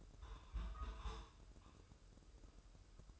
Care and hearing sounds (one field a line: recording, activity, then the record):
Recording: daily activity, microphone in the room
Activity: take from stove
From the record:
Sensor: 2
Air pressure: 995.3 hPa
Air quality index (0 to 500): 78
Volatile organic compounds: 3 ppm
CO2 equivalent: 1379 ppm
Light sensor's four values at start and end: 22/73/29/27 and 22/73/29/27